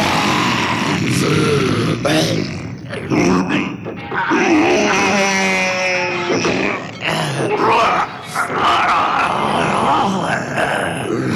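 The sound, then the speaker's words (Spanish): Deep, guttural growls and drawn-out groans from two werewolves, loud and continuous for about eleven seconds, with a wavering, howl-like moan rising through the middle. “Son dos hombres lobo.”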